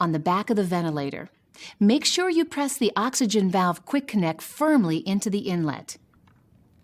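Someone talks while an oxygen valve quick connect, attached to oxygen tubing, is being handled for pressing firmly into the oxygen inlet on the back of a Trilogy 100 ventilator. Two faint, brief ticks occur near 6.1 s and 6.3 s as the speech ends. The clip ends before the part goes home, and nothing has seated or clicked yet.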